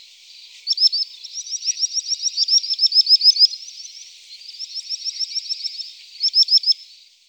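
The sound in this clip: Sandpiper giving fast, high-pitched trilled calls in several runs of sharp repeated notes, ending with a brief burst.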